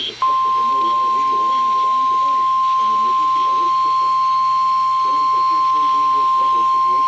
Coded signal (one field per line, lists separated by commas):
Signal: Emergency Alert System (SAME) tones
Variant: 853 and 960 Hz attention tone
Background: speech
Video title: NOAA Radio (EAS # 293) RWT With Sage EAS Endec Relay